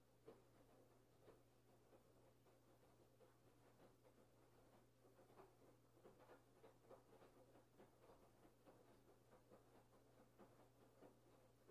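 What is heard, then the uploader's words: A washing machine runs steadily, with a constant low hum underneath a churning, sloshing wash. Soft irregular thumps and swishes recur every half second or so as the drum turns, giving a dense, rhythmic rumble that never pauses. Laundry Washing Machine White Noise. The sound of a laundry washing machine as it washes away the dirt and grime of your clothes. The sound of a white noise hum.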